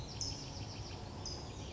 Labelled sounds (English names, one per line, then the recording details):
Bewick's Wren
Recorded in Sonoma County, California